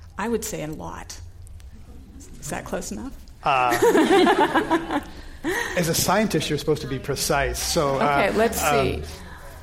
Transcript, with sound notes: I would say a lot. Is that close enough?
[Laughter]
As a scientist you’re supposed to be precise so --
Okay, let’s see.